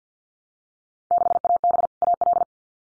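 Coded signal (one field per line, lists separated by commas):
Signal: Morse code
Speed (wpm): 50 wpm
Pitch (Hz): 700 Hz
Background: none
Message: 6AB AL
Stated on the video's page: Morse head-copy drill of randomly selected Field Day exchanges at 50 wpm.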